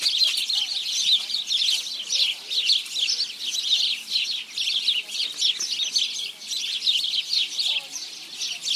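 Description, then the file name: House sparrow chirps, a lively flock chorus of repeated sharp chirps overlapping continuously, loud and unbroken throughout. "Passer domesticus"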